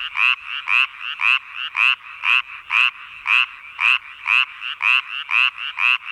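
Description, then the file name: Japanese tree frog calling in a steady series of harsh, raspy croaks, about two per second, each a buzzy pulsed note, with no other clear sounds. "Hyla Japonica Is Calling"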